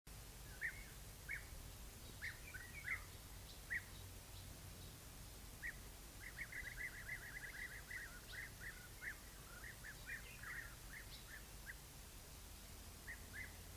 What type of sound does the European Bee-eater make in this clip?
call